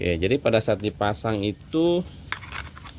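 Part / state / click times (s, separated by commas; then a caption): flight battery into camera drone body / not seated / none. Someone talks while handling the plastic flight battery pack of an ES 800 Pro camera drone, about to push it into the drone's battery bay. A few faint handling taps follow, the sharpest at about 2.3 s. The battery has not clicked into the bay yet; nothing has seated.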